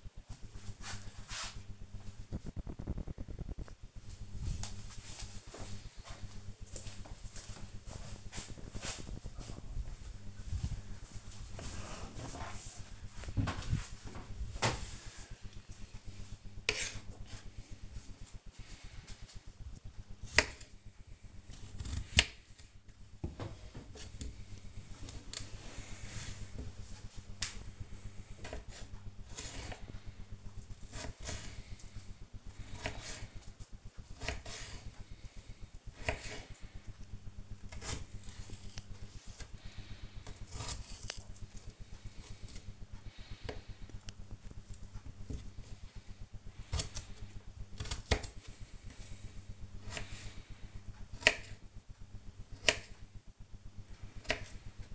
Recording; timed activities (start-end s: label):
household activities, microphone on the right wrist
16.78-54.95 s: cutting vegetables